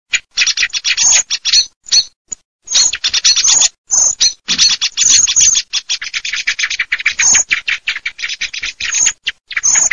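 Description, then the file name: Common blackbird chattering, a rapid run of harsh, high clicking notes in bursts with brief pauses between them. Chattering (schiamazzo). "SCHIAMAZZO MERLO"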